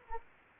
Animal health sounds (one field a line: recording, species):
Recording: mosquito wingbeat signal from an infrared sensor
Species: Anopheles arabiensis